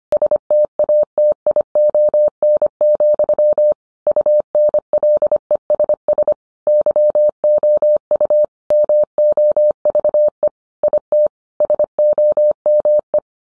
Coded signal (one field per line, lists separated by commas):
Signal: Morse code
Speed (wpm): 25 wpm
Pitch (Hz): 600 Hz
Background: none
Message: STATION, UNLESS YOU MOVE IT SOME